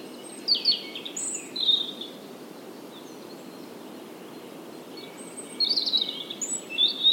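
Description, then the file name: European robin song, short high tinkling phrases at the beginning and again near the end, separated by a quiet stretch with low background hiss. "Erithacus rubecula"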